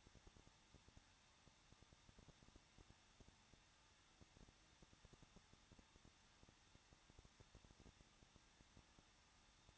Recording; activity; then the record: daily activity, microphone in the room; no activity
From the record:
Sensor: 3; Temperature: 21.2 degrees Celsius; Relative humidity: 36.3%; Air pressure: 1006.3 hPa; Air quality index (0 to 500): 221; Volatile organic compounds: 40 ppm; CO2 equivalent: 3155 ppm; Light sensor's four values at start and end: 2/3/2/2 and 2/3/2/2